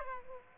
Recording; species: mosquito wingbeat signal from an infrared sensor; Aedes aegypti